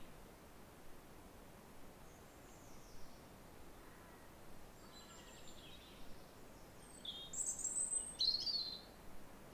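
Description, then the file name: European robin song, thin high squeaky phrases growing clearer and louder near the end, over a steady hiss of background noise. "Erithacus rubecula"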